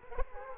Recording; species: mosquito wingbeat signal from an infrared sensor; Culex quinquefasciatus